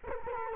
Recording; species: mosquito wingbeat signal from an infrared sensor; Culex quinquefasciatus